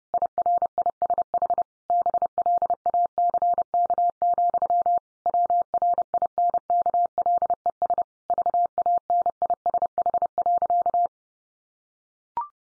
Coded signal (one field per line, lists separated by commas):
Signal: Morse code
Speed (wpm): 30 wpm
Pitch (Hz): 700 Hz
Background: none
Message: IRISH BLACK, WRINKLES VANISH.